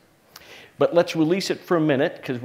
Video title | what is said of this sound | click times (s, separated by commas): Fortune Brainstorm Green 2013 | lift that rear paddle and you will be locked in place | 0.4 s